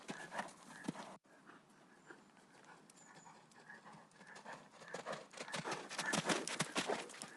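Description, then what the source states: Horse gallop, with quick hoof thuds, a brief break near the first second, a quieter stretch, then a louder burst of pounding hooves near the end. Horses galloping outside on sand.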